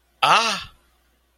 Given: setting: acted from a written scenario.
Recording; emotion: vocal sound without words; positive surprise